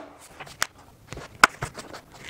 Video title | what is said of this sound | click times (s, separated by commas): How to install M.2 SSD drive in Asus Rog Strix Laptop | so just put the back cover in its place carefully and just push it until it clicks in place | 0.6 s, 1.4 s